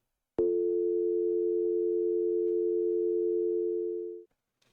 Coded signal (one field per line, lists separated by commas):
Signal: telephone call progress tone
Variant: North America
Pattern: dial tone